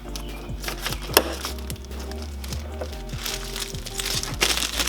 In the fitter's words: insert just like this until it clicks